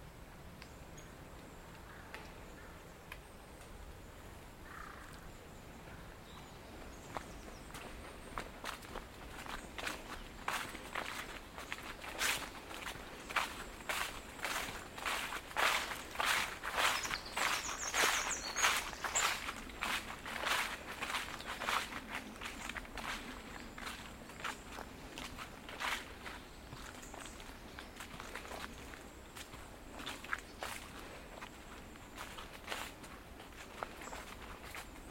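Footsteps amble through Woodwell in Silverdale, an even walking pace of crunchy steps that grows louder and denser from about eight seconds to twenty, then softens again. A faint steady hiss runs underneath, with a few brief high chirps and scrapes along the way.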